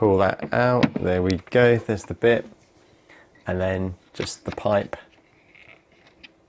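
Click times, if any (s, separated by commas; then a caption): 5.7 s. Someone talks while the plastic wiring connector is pushed onto the mass air flow (MAF) sensor on the diesel engine intake of a Nissan Qashqai 1.5 dCi. A faint, sharp tick is heard at 5.7 s as the connector clicks into place and seats.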